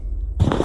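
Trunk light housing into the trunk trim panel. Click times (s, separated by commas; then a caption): 0.5 s. After an LED bulb is plugged in and its wiring is fed back through the hole, the trunk light housing is pressed back into the trunk trim panel. A low, quiet hum gives way to louder broadband rustling near 0.4 s. A single sharp snap at 0.5 s marks the housing seating in place.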